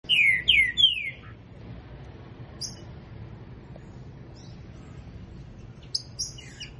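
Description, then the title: Green-winged saltator singing three strong descending whistled notes in quick succession, followed by quieter scattered high chips against a low steady hum. Bird singing while warming up its song. "Canto De Trinca Ferro. Trinca ferro Rex esquentando"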